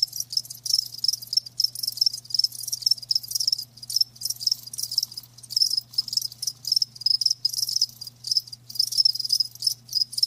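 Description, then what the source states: Cricket chorus of shrill high chirps in quick bursts with brief gaps, going on steadily throughout. Live crickets chirping, a lulling song.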